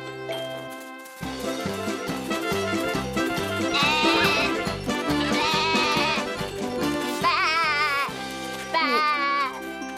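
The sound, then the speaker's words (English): A shepherd's goats bleat several times in wavering, quavering cries that rise over a steady, bouncy musical backing, with the bleats clustered in the second half. “Hello, my goats. Eat your fill while you can.”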